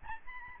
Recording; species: mosquito wingbeat signal from an infrared sensor; Aedes albopictus